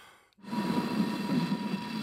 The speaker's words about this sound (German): Wir nehmen eine Röhre und blasen frontal hinein, wie bei einem Blasrohr. Nichts geschieht.